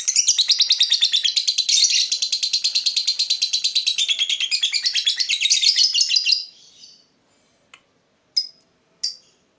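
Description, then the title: Lovebird chirping: a fast, unbroken run of shrill, buzzy twitters for about six seconds, then a few isolated sharp chips after a pause. Lovebird whose calling style makes it seem very clever at baiting, prompting other birds to sing. "Dari Gayanya Lovebird Ini Terlihat Pintar Sekali Memancing"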